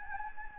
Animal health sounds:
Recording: mosquito wingbeat signal from an infrared sensor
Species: Anopheles gambiae

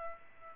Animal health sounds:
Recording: mosquito wingbeat signal from an infrared sensor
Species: Aedes aegypti

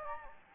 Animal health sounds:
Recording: mosquito wingbeat signal from an infrared sensor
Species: Anopheles gambiae

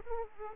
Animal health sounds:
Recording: mosquito wingbeat signal from an infrared sensor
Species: Aedes aegypti

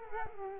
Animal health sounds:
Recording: mosquito wingbeat signal from an infrared sensor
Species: Culex quinquefasciatus

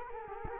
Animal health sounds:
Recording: mosquito wingbeat signal from an infrared sensor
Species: Culex quinquefasciatus

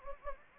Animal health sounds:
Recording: mosquito wingbeat signal from an infrared sensor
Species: Anopheles gambiae

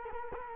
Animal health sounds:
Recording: mosquito wingbeat signal from an infrared sensor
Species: Culex quinquefasciatus

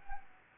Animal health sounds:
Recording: mosquito wingbeat signal from an infrared sensor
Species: Anopheles gambiae

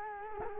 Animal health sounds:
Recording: mosquito wingbeat signal from an infrared sensor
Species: Culex quinquefasciatus

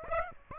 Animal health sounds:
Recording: mosquito wingbeat signal from an infrared sensor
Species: Aedes aegypti

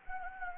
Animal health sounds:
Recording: mosquito wingbeat signal from an infrared sensor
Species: Anopheles gambiae

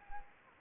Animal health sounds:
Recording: mosquito wingbeat signal from an infrared sensor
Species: Anopheles arabiensis

